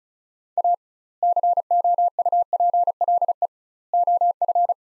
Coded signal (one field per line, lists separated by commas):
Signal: Morse code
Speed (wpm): 36 wpm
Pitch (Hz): 700 Hz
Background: none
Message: A COUPLE OF